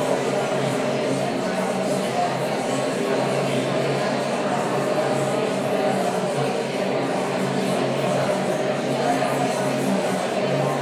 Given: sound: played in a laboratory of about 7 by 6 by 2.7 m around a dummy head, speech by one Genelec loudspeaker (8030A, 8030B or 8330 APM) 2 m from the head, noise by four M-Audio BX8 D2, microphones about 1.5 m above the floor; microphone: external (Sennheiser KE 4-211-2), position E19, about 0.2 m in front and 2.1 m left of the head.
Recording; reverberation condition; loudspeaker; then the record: babble noise; high; four, about 170 cm from the corners of the room and facing them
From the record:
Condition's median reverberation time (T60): about 1300 ms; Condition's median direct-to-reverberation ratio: about -4.0 dB